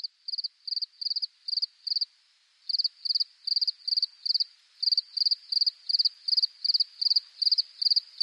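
Cricket chirping, high pulsed chirps repeated about two to three times a second in a steady rhythm, with one brief pause early on.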